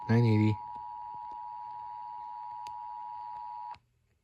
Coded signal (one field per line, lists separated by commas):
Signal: Emergency Alert System (SAME) tones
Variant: 853 and 960 Hz attention tone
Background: speech